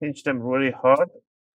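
The plastic bottom cover of an HP OMEN 16 laptop is being handled over the laptop chassis, its retaining clips about to be pinched hard so they snap in. Someone talks throughout the clip. Nothing has clicked or seated yet.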